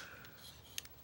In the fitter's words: And it's kind of a decent pop, you're not going to miss it.